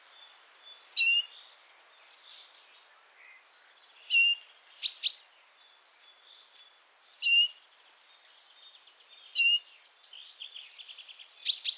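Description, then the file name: Great tit calls: four phrases, each a pair of thin high whistles dropping to a lower slurred note, repeated a few seconds apart, with sharp ticks and soft chatter between. "Parus major"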